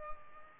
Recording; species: mosquito wingbeat signal from an infrared sensor; Culex pipiens